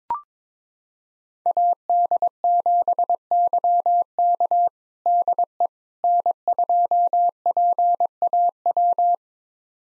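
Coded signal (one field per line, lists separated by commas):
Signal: Morse code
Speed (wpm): 22 wpm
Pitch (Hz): 700 Hz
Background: none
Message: AD7YK DE N2PAW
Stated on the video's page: Call sign pair copying drill at 22 wpm, each five-character call sent in Morse, spoken, then sent again.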